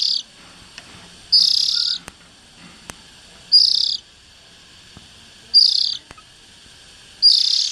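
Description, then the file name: Oriental magpie-robin: buzzy, scratchy rasps in several bursts about two seconds apart, with a few faint clicks between them. Young birds. "Tieng chim chich choe than non"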